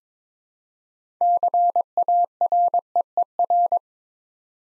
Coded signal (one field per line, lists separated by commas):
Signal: Morse code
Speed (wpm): 22 wpm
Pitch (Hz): 700 Hz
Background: none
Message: CAREER